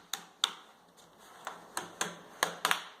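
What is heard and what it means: After a screen replacement on an HP 15-ac121dx laptop, the plastic front bezel is pushed back onto the laptop lid, and its clips snap into place along the edge. Sharp plastic clicks are heard at about 0.1, 0.4, 2.4 and 2.7 seconds, with a few fainter ticks in between. The bezel clips seat onto the display lid.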